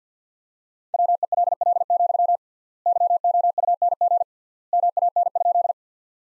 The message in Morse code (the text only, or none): WELL, YOUNG MAN?